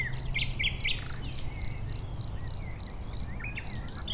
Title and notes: 271 Rue de Vars, 73310 Chindrieux, France - Grillons et rossignol. Au bord d'une prairie riche en grillons